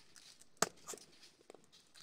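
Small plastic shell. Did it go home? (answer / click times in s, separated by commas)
yes / 0.6 s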